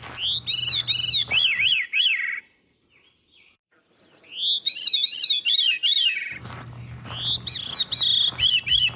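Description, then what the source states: Veery song, rolling spiralling phrases that wind downward in pitch, given in three bursts separated by short pauses; a low steady hum runs under the first and last phrases. Song spirals downward like a marble going down a rail, the opposite of the Swainson's thrush.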